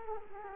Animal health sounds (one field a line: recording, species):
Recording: mosquito wingbeat signal from an infrared sensor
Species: Culex quinquefasciatus